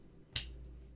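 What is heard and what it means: After a new coin cell is fitted, the battery holder of an Audi key fob (for the TT, A3, A4, A1, Q3 and Q7) is pushed back into the plastic fob housing with its two release tabs squeezed in so they don't break. It is first tried the wrong way round, then turned over. It snaps home with a single sharp click at 0.4 s and is seated.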